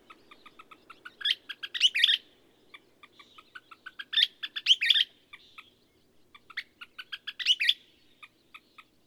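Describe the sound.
Bird gives three loud scratchy warbled phrases, each led in by a quickening series of faint ticking notes, with a low hiss behind.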